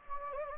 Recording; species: mosquito wingbeat signal from an infrared sensor; Anopheles gambiae